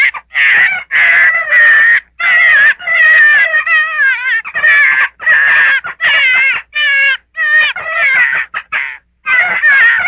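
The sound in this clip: Gray fox whining calls: loud, wavering, nasal cries in bursts of about a second each, some sliding downward in pitch.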